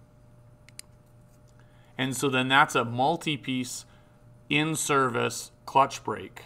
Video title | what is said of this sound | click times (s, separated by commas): Clutch Brake Options | all the way to the floor and as it squeezes it it locks this snap into place | 0.7 s, 0.8 s